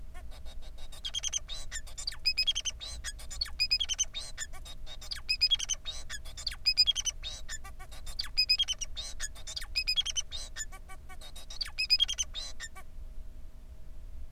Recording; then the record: song of a male Bengalese finch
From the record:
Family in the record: son of father 4